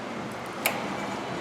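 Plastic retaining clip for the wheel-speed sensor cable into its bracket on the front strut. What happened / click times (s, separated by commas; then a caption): Plastic cable clip snapped into its bracket / 0.7 s. A reused plastic retaining clip for the wheel-speed sensor cable is pressed into its bracket on the front strut of a 2010 Honda Accord, holding the cable to the strut after the sensor goes back in its holder. Against a low steady background, one short, sharp click at 0.7 s marks the clip seating.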